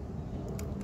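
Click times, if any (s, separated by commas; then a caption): 0.6 s. A plastic piece is pressed home into a seat belt retractor assembly for a Chrysler or Dodge, after a second spring has been fitted, over a low steady background rumble. A faint, short click at 0.6 s shows the piece snapping into place, seated nice and tight.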